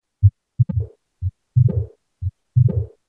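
Mild mitral stenosis in a simulated adult heart through a stethoscope, about 60 beats per minute: low-pitched heart sounds, each cycle followed by a low rumbling murmur that fades out before the next beat.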